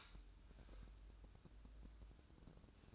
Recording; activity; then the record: daily activity, microphone in the room; light on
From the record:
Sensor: 2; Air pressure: 1007.7 hPa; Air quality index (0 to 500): 91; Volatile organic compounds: 1 ppm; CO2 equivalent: 698 ppm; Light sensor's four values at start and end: 7/16/7/7 and 12/34/13/13